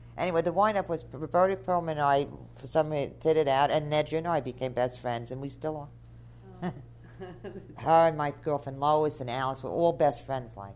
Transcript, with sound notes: Anyway, the wind-up was that Roberta Perlman and I, for some reason, did it out and Nedra and I became best friends and we still are. (laughs) Her and my girlfriend Lois, and Alice were all best friends, like.